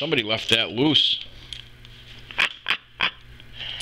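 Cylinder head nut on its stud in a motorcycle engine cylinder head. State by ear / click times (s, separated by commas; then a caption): stripped / 2.7 s. Someone talks while pulling a wrench to re-torque a steel cylinder head nut on its stud in the cylinder head of an air-cooled BMW motorcycle engine during a valve adjustment. A sharp snap at 2.7 s marks the moment the nut's thread gives way, amid a few fainter ticks. The thread has stripped.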